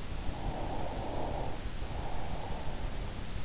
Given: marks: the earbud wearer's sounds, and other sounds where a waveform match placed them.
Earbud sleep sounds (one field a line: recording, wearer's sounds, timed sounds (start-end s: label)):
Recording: sounds in sleep by an in-ear microphone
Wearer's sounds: breath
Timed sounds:
0.03-3.39 s: breath